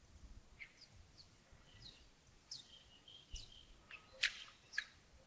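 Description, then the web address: Birds chirping busily, with quick high notes and a few louder sharp calls near the end, over a faint low rumble. Early morning at Yagongding (亚公顶), 28 December 2025, around 07:40. "2025-12-28 亚公顶清晨 birds"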